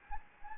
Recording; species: mosquito wingbeat signal from an infrared sensor; Anopheles gambiae